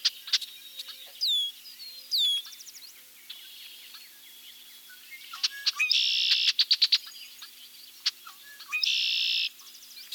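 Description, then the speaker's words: Red-winged Blackbird vocalizations: sharp chuck clicks, high descending whistled notes, and two buzzy trilled phrases, all in quick succession. Medley of vocalizations. "let's hear a medley of red-winged blackbird vocalization."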